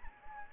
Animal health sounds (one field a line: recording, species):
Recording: mosquito wingbeat signal from an infrared sensor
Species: Anopheles gambiae